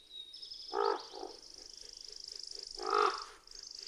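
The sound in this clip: Common raven giving two short, hoarse croaks about two seconds apart, with a faint steady high-pitched tone behind them.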